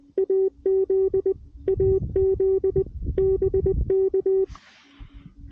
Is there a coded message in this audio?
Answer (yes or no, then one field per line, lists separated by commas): yes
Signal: Morse code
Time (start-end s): 0.2-4.4 s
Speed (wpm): 20 wpm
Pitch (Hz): 380 Hz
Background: music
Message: AZ AZ BK